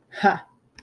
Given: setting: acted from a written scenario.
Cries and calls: vocal sound without words; amusement

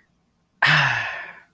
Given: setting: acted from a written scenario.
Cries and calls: vocal sound without words; contentment

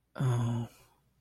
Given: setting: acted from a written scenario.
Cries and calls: vocal sound without words; sympathy

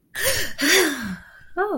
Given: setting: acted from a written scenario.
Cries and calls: vocal sound without words; negative surprise

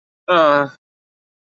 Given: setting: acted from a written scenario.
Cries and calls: vocal sound without words; embarrassment

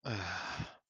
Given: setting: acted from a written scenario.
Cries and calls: vocal sound without words; shame

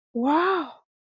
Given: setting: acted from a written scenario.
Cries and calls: vocal sound without words; awe

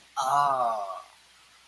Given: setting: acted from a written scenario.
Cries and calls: vocal sound without words; realization

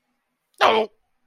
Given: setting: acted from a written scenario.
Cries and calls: vocal sound without words; shame

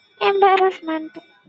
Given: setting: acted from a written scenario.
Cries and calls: vocal sound without words; embarrassment

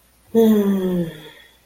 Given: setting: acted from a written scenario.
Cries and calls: vocal sound without words; serenity

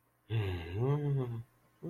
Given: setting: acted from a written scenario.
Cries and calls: vocal sound without words; confusion

